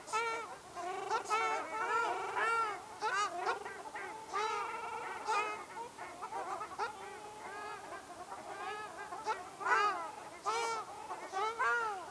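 Ruddy shelduck honking, repeated loud nasal arched calls throughout with brief pauses.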